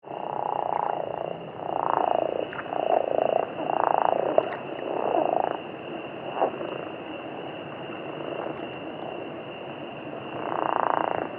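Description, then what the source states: Chiricahua leopard frog calling with repeated low, rattling snores, each under a second. They come in a run, pause, then return near the end, above a steady high hum. Arizona.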